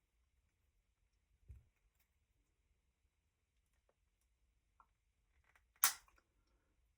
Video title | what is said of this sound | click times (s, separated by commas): MR-04 EVO2 5600KV Build Part 1 | Nice firm snap. | 5.8 s